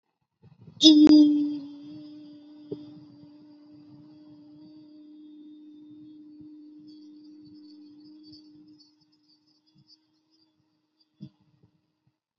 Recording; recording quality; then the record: sustained vowel as in beet; moderate, slight background noise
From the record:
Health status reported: healthy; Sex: female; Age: 25 years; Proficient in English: yes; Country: India